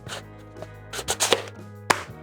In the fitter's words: Тепер вставляємо спідницю у пас на кожуху до фіксації.